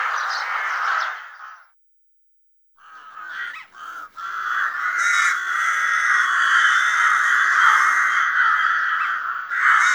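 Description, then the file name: Rook harsh, rasping caw, a brief pause, then long continuous grating cawing that carries on to the end. "grach-golos onbird ru"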